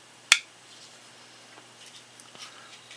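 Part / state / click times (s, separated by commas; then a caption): folding knife blade into liner lock / seated / 0.3 s. A Coast folding knife's steel blade is opened from its nylon handle and snaps into its liner lock with one sharp, bright click at 0.3 s, followed by a quiet tail of faint handling ticks. The blade locks open and is seated.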